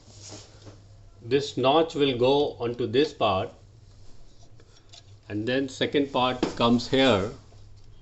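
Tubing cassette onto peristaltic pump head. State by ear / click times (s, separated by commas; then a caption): not seated / none. Someone talks while a plastic tubing cassette is fitted onto the head of a BT100SV2 peristaltic pump with a DT10-48 head: its notch is hooked onto the pump head and the second side is brought into place. Only quiet handling sounds are heard between the speech. Nothing has seated or clicked yet; the cassette is not yet pressed home.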